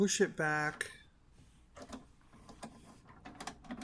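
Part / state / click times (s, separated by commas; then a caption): plastic toy sled into the spring launcher of a toy hovercraft / seated / 3.4 s. Someone talks, then a plastic toy sled is slid and pushed back into the spring launcher of a vintage 1984 Hasbro GI Joe Killer Whale hovercraft, making soft scraping and small plastic knocks. The sled clicks and locks in place at 3.4 s, followed by a few more light clicks.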